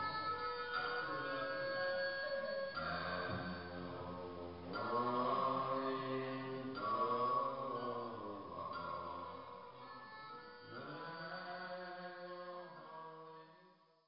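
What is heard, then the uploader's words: Repeating mantras play from small devices in a mountaintop temple, a chanted melody with sustained voices that bend and glide between notes. The sound is steady, slightly thin and capped in the highs, with phrases shifting every couple of seconds before fading at the end. China - repeating mantras in temple. Repeating mantras playing from small Buddha boxes in the Temple at the Golden Summit atop Mt. Emeishan, near Leshan, China.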